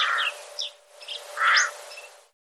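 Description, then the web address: Bird calls: a short hoarse note, a pause with faint high chirps, then a slightly louder harsh note. "cianscape birddata Deverinetal"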